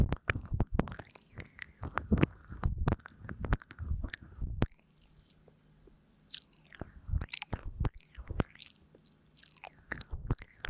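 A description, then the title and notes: Wet mouth sounds of ear licking: dense smacks and slurps crowd the first four and a half seconds, then stop abruptly. After a near-silent stretch with a faint low hum, sparser licks and clicks return from about seven seconds on, bright. 口腔音 | Deep Ear Licking. 所以你們應該都能聽的到背景有空調的聲音.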